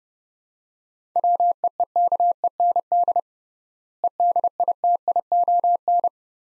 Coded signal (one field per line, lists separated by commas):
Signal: Morse code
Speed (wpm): 32 wpm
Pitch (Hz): 700 Hz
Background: none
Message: WEEKEND EDITION